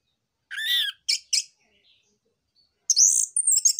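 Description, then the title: Orange-headed thrush singing varied phrases: a warbled note, two short bursts, a pause, then a high, rapid jumble of chattering notes. Orange-headed thrush (anis merah) in active song (gacor) with dense song material (isian rapat); used as a lure (pancingan, pikat) and tutor recording (masteran) for young spotted birds (trotol). "PANCINGAN Anis Merah Gacor Materi Isian Rapat Cocok Untuk MASTERAN Anis Merah TROTOL"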